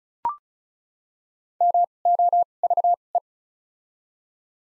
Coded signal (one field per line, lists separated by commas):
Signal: Morse code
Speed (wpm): 36 wpm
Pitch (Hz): 700 Hz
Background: none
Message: MOVE